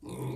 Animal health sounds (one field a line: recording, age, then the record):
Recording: pig call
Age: weaner (32 to 43 days)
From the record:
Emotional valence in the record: negative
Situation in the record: novel object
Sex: female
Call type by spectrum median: low-frequency call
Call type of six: low-frequency stable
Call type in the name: low-frequency stable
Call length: 0.36 s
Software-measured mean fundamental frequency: 61 Hz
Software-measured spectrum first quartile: 162 Hz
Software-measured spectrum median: 344 Hz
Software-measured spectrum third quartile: 960 Hz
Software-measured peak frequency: 331 Hz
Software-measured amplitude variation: 115 dB a second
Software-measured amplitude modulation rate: 22.2 a second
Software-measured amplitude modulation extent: 5.2 dB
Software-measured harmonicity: 4.6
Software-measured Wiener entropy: -1.13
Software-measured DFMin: 1108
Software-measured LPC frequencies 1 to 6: 331, 946, 2281, 3578, 4087, 5834 Hz